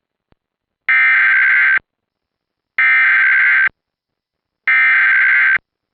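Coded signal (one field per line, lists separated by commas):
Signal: Emergency Alert System (SAME) tones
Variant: header bursts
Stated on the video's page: Silver Alert relayed as an EAS Administrative Message.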